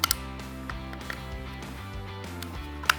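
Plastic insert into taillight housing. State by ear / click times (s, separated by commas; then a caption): not seated / none. A white-faced plastic insert is handled at a Form taillight housing for a 2018–22 Jeep Wrangler JL, with the retaining clips moved out of the way, over steady background music. Brief sharp handling ticks come at about 0.0 s, 0.1 s and 2.9 s. Nothing has seated or snapped into place yet.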